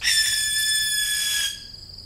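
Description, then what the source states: A young barn owl starts right away with a rasping, breathy screech lasting about a second and a half, then stops, leaving quiet background hiss. Young birds.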